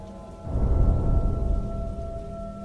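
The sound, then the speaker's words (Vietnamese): Steady rain hisses throughout outside a dark temple hall, with a deep rumbling swell rising after the first half second and slowly easing off. A faint, even tonal hum runs underneath, and no one speaks. “Giữa tiếng mưa giả dích từng hồi, tiếng gió vịn cái khung cửa, nó kêu lên kèn kẹt.”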